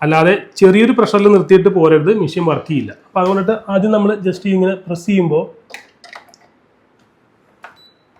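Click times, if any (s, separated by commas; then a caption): 7.6 s. Someone talks while a plastic hot-water spout is pressed into its front socket on a Whirlpool fully automatic coffee machine, with a few faint handling taps between 5.7 and 6.3 seconds. At 7.6 seconds a short sharp sound and a brief high tone, likely an electronic beep rather than a mechanical click, confirm that the spout is fully pushed home and seated.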